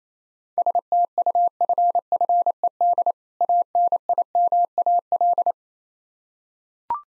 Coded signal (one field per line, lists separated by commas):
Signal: Morse code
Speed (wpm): 27 wpm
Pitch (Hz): 700 Hz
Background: none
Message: STUFFED ANIMAL